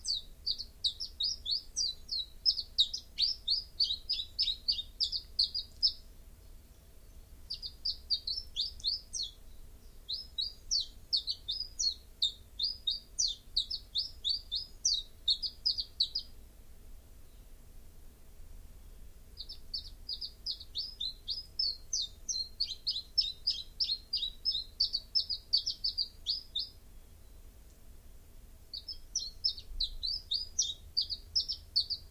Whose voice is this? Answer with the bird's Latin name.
Phylloscopus collybita